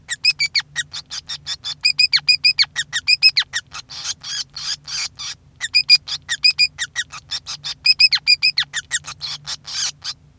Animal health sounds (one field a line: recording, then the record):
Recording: song of a male Bengalese finch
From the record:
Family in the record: son of father 5